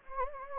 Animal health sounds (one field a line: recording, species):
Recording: mosquito wingbeat signal from an infrared sensor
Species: Anopheles gambiae